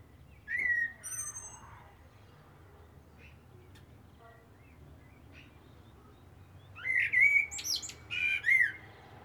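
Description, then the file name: Common blackbird with a brief whistled note early on, then a longer phrase of fluty, wavering whistles and squeaky high notes after a quiet gap. "Turdus merula"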